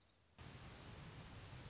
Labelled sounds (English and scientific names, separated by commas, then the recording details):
Orange-crowned Warbler (Leiothlypis celata)
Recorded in Sonoma County, California